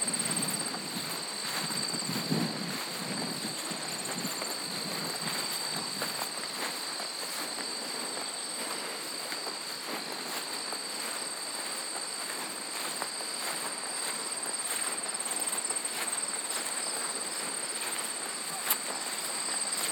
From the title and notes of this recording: Footfalls on a Farm Trail. Footsteps of your equine friends on the Eastmanville Farm Trail in Coopersville, Michigan.